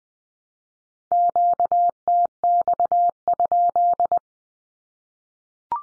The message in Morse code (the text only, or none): QTX?